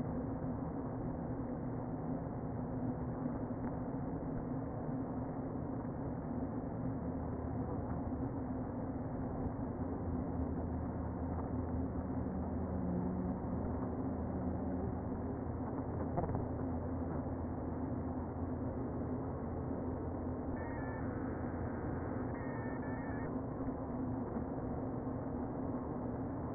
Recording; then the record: honeybee colony, microphone inside the hive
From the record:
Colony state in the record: queen present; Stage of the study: before two queens were removed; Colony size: about 60,000 bees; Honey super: yes